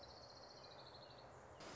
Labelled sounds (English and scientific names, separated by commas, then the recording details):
Orange-crowned Warbler (Leiothlypis celata)
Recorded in Sonoma County, California